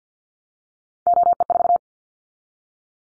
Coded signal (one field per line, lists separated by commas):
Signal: Morse code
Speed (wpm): 48 wpm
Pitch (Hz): 700 Hz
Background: none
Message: OE4